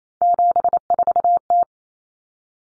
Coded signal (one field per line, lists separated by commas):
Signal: Morse code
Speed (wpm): 28 wpm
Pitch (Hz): 700 Hz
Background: none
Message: 74T